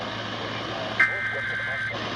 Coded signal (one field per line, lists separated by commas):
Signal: Emergency Alert System (SAME) tones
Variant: header bursts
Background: speech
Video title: Severe thunderstorm warnings EAS#157-161